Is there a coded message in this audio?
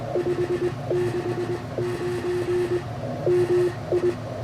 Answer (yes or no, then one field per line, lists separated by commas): yes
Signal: Morse code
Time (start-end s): 0.2-4.1 s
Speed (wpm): 20 wpm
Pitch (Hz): 360 Hz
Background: none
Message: 569 MI